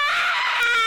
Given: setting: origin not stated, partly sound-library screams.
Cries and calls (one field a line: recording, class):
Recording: one-second piece from a danger detection set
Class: woman in danger